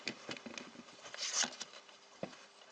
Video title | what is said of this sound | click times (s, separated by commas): Chapter 16. Installing Oil Filter Housing and Cooler, Checking for Leaks C180 W271. MULTILINGUAL. | Well, I need my hands. There you go, it's made a click. | 0.1 s